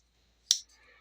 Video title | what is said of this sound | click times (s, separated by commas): Restoring an old Case Jack Knife . | Especially the pin blade really snaps shut. | 0.5 s